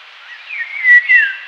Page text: Indian Golden Oriole Song. Quick Sounds